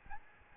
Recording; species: mosquito wingbeat signal from an infrared sensor; Aedes albopictus